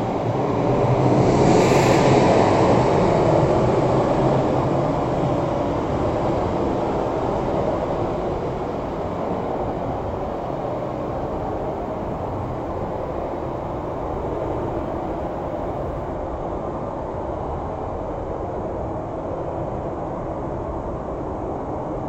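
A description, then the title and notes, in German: A car drives through a tunnel toward Laterns, its road roar thick and steady with a deep rumble. The sound swells loudest in the first few seconds, with a brighter hissing rush around two seconds, then settles into an even, slightly softer drone. Mental Escape Pod - Auto im Tunnel nach Laterns.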